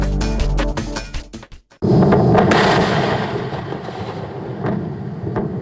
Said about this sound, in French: L'explosion de la fusée SpaceX en Floride début septembre a secoué le marché du spatial.